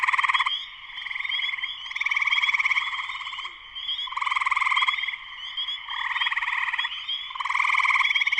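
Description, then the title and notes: Spring peepers calling in full chorus, with buzzy pulsed trills swelling and dropping every second or so over a constant high-pitched ringing backdrop. Full chorus of many spring peepers, shortly after sunset, Sleeping Bear Dunes National Lakeshore, northern Michigan, USA. "Spring peepers (chorus frogs) in concert. Spring peepers (chorus frogs) in full chorus shortly after sunset in the Sleeping Bear Dunes National Lakeshore in northern Michigan, USA. Recorded by Darrin Wassom. Music for Sleep"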